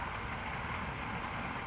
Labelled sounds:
California Towhee

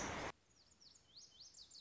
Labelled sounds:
Lazuli Bunting

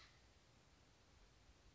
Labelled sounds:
Acorn Woodpecker

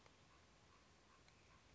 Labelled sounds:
Common Raven

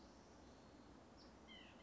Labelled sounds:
White-breasted Nuthatch

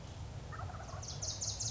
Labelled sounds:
Wild Turkey

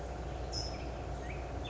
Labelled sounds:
California Towhee

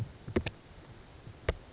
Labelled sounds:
Western Flycatcher

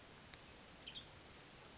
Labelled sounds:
Western Tanager

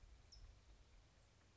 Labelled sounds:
California Towhee

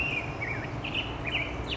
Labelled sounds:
Black-headed Grosbeak

